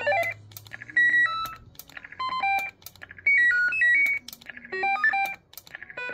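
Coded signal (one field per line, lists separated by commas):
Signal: roger beep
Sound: a series of short electronic chirp melodies, each different, played one after another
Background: low hum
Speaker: Je pense je suis en train de faire le tour. Fait que là ça c'était la démonstration des Roger Bip.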